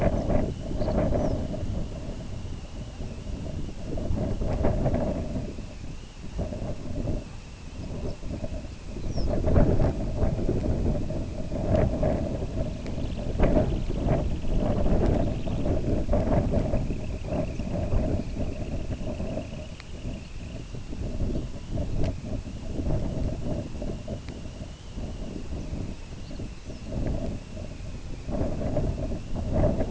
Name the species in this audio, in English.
Snow Bunting